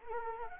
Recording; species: mosquito wingbeat signal from an infrared sensor; Anopheles arabiensis